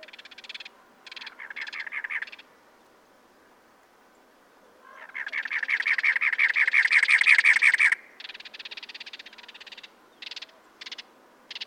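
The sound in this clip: Cactus wren with short raspy bursts, then a long three-second run of rapid grating chugs, followed by softer scratchy note clusters.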